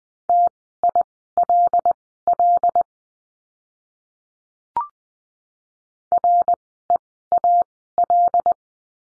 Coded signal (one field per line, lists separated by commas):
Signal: Morse code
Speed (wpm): 19 wpm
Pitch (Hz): 700 Hz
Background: none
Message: TILL REAL